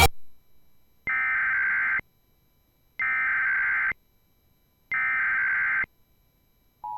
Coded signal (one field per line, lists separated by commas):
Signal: Emergency Alert System (SAME) tones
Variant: header bursts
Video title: EAS 1196 - Florida Blue Alert on WJON/IP